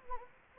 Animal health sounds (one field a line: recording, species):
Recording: mosquito wingbeat signal from an infrared sensor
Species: Anopheles gambiae